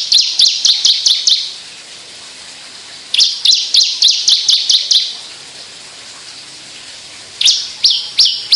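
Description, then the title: Javan bush lark song of rapid high chirps delivered in three bursts with pauses of about one and a half to two and a half seconds between them. Song given in skyward song flight, locally called sundul langit. "Branjangan Sundul Langit 3"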